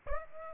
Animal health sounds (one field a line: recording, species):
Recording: mosquito wingbeat signal from an infrared sensor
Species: Aedes aegypti